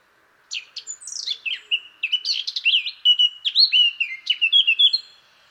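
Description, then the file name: Eurasian blackcap singing a hurried, scratchy warble that runs into louder, pure whistled phrases, with a continuous stream of notes for about four and a half seconds. "Sylvia atricapilla"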